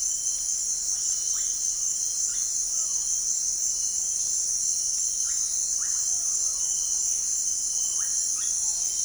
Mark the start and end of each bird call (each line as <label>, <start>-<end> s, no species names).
bird call, 0.88-3.13 s
bird call, 5.24-6.83 s
bird call, 7.96-8.82 s